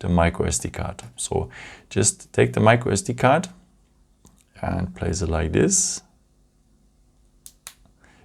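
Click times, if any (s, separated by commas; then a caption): 7.5 s, 7.7 s. Someone talks while a plastic microSD card is pressed into the second slot of the metal SIM/SD tray of a Poco X4 Pro 5G smartphone. After the talking stops, two sharp clicks sound at 7.5 s and 7.7 s as the card seats in the tray.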